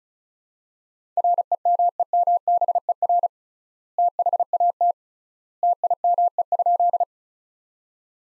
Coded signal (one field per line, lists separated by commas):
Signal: Morse code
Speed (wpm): 34 wpm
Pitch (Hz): 700 Hz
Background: none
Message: REMEMBER THAT TIME?